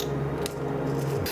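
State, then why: Released. A semi-static ball bearing unit is knocked out of the 3D-printed socket of a Ploopy Adept trackball fitted with AnyBall. Over a steady low background hum, a single sharp hit lands at 0.5 s, and the bearing comes free of the shell.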